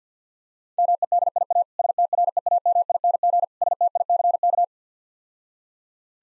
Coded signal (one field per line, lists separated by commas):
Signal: Morse code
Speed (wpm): 50 wpm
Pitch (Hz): 700 Hz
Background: none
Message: MEDIA STREAMING STICK